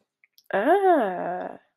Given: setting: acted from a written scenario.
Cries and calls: vocal sound without words; interest

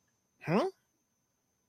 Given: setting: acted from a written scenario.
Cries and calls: vocal sound without words; confusion

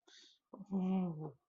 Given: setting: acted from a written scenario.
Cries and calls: vocal sound without words; sympathy

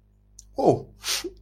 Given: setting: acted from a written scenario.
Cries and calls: vocal sound without words; embarrassment

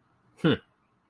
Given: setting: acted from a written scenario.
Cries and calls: vocal sound without words; neutral

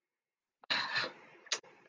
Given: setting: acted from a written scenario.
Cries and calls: vocal sound without words; contempt

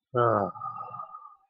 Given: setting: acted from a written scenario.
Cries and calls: vocal sound without words; contentment

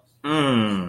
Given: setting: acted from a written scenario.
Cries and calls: vocal sound without words; ecstasy

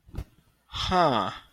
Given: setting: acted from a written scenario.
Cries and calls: vocal sound without words; confusion

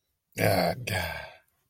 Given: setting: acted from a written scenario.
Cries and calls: vocal sound without words; shame

